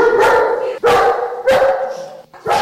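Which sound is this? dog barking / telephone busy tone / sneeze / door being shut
dog barking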